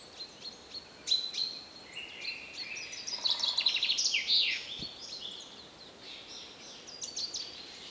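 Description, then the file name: Common chaffinch song, a fast descending trill ending in a sharp flourish, with fainter chirps before and after. "Fringilla coelebs"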